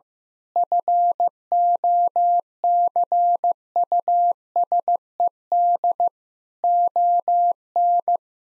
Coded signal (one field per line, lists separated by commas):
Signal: Morse code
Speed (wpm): 15 wpm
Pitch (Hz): 700 Hz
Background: none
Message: FOCUSED ON